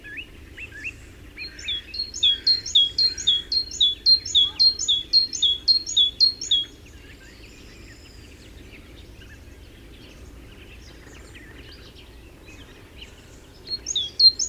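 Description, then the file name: Great tit song, a rapid run of bright two-note phrases repeated about twice a second for five seconds, a long pause, then a brief restart at the end. "Parus major"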